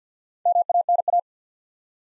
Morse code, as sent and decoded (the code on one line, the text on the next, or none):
-- .- -. .-
MANA